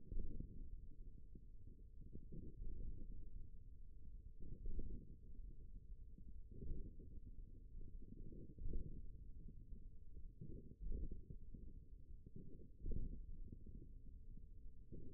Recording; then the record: forearm muscle sounds (acoustic myography)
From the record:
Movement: hand opening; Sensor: system 1, eight BSWA MPA416 microphones around the upper forearm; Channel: 3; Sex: male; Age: 41 years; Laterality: right